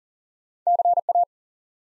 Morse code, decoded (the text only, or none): CA